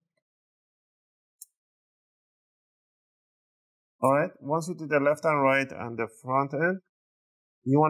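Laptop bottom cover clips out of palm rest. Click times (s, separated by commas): 1.4 s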